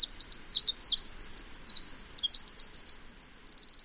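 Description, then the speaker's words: Pacific Wren song, a very high, rapid cascade of tinkling trills and warbles running on without a break, ending in a fast even trill. Singing in earnest by mid-February, even as far north as British Columbia, in winter. "Even as far north as British Columbia, Pacific wrens are singing in earnest by mid-February."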